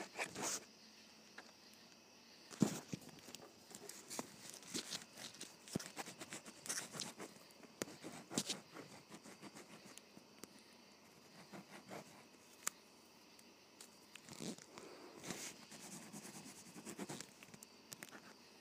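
A ballpoint pen writes across paper in short, uneven scratching strokes with frequent brief pauses. The strokes come in quick irregular bursts throughout, with a few sharper taps or clicks, such as one near the three-second mark, over a faint steady hiss.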